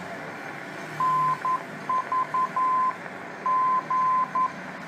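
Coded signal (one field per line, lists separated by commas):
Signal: Morse code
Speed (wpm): 11 wpm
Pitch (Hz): 1030 Hz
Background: none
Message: NVG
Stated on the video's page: Morse received on a Tecsun PL-660 portable receiver.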